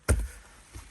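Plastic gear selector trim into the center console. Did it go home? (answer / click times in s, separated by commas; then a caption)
yes / 0.1 s. On a BMW E60, the plastic trim around the automatic gear selector is pushed back into the center console while refitting the interior after a repair to the gearbox's D/S sport/sequential mode. A single sharp snap at 0.1 s is followed by a low, fading rumble and a faint soft knock near 0.8 s. The trim panel clips fully into place.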